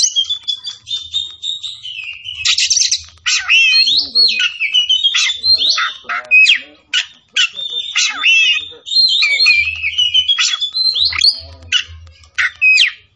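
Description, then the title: Oriental magpie-robin song: long, varied run of clear whistles, upward sweeps and scratchy notes, delivered almost continuously with a couple of brief pauses. Tretes; singing vigorously, described as gacor. "Kacer Tretes"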